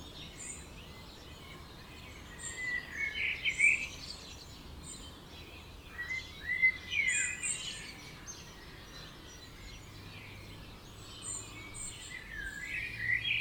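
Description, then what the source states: Birds singing softly at dawn, scattered high chirps and short whistled phrases in bursts, with a quiet background hiss and a faint low hum. Dawn chorus at 4 am in Oberhofen, Inntal, Austria; binaural recording made for headphones.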